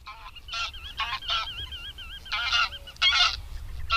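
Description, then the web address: Greylag goose honks: harsh, raspy calls interrupted by a thin wavering whistled tone, with a low hum in the background. "Madardalok Cd 3. Nyári lúd"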